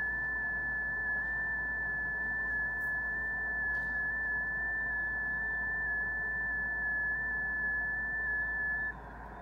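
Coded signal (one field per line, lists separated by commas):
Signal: FT8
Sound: a steady high tone with slight pitch steps, then it stops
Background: radio static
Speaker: in the video you're about to see I just made a couple FTA contacts on six meters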